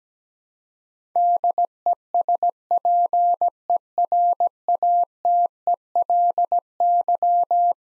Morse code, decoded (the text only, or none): DESPERATELY